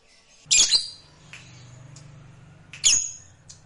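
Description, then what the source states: Lovebird calls: two harsh high squawks about two seconds apart, with softer chirps and a low hum underneath. Fighter lovebird.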